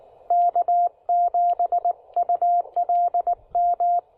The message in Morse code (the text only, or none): K7ULM